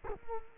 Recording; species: mosquito wingbeat signal from an infrared sensor; Culex quinquefasciatus